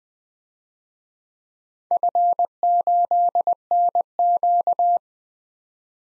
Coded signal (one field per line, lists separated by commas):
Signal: Morse code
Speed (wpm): 20 wpm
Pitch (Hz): 700 Hz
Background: none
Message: F8NQ